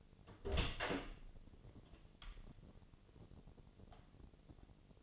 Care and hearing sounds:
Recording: daily activity, microphone in the room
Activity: open door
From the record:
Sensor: 4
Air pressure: 1008.2 hPa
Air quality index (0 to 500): 183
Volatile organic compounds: 5 ppm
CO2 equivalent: 1830 ppm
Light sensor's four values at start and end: 25/79/30/29 and 23/72/27/26

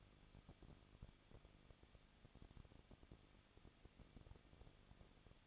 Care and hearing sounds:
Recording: daily activity, microphone in the room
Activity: no activity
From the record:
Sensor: 4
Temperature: 23.0 degrees Celsius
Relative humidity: 34.2%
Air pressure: 1007.3 hPa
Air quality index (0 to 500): 216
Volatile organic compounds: 15 ppm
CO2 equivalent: 2506 ppm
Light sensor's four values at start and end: 2/3/1/1 and 2/3/1/1

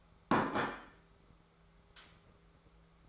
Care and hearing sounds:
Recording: daily activity, microphone in the room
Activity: place plate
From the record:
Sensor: 3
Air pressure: 1015.0 hPa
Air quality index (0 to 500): 207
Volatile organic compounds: 33 ppm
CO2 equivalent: 3027 ppm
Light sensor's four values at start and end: 19/46/19/20 and 20/48/20/21

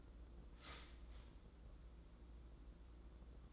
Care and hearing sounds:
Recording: daily activity, microphone in the room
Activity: start toaster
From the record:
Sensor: 3

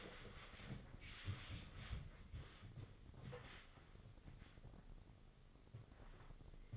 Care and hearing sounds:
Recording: daily activity, microphone in the room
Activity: wipe stove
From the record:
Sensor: 4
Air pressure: 996.8 hPa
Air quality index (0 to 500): 90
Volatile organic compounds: 5 ppm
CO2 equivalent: 1750 ppm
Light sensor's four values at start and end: 16/45/17/18 and 16/46/17/18

